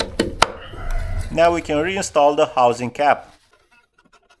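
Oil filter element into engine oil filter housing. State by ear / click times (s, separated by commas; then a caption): seated / 0.4 s. A new oil filter element with a lubricated O-ring is rotated until aligned and pressed into the engine oil filter housing of a BMW G20 2.0L diesel 190HP (B47). Sharp transients sound at 0.0 s and 0.2 s, and the filter clicks as it seats at 0.4 s. Someone then talks.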